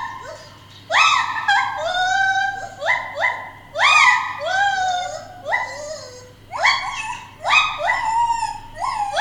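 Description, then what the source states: White-handed gibbon singing a run of sliding hoots that climb steeply and hold, in rapid phrases after a quiet first second. Captive pair at Maruyama Zoo, filmed on video long ago; probably mainly male Kotaro singing, female Racha's opening call not captured; pair duet for communication, carrying 2–3 km; sounds like a dog howling.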